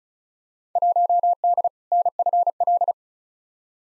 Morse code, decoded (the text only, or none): 1D NFL